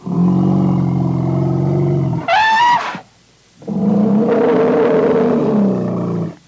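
Elephant calls: a deep rumbling growl, a brief high trumpet squeal, then another long, rough, low roar.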